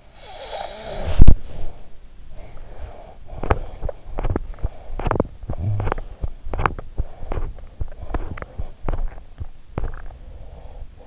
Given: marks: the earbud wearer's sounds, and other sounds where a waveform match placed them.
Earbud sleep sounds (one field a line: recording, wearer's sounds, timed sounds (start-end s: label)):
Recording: sounds in sleep by an in-ear microphone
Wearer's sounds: snoring breath, body movement, breath, teeth grinding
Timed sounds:
0.00-1.71 s: snoring breath
0.62-2.39 s: body movement
2.39-4.28 s: breath
2.91-11.07 s: teeth grinding
4.62-6.45 s: breath
7.02-8.74 s: breath
9.25-11.07 s: breath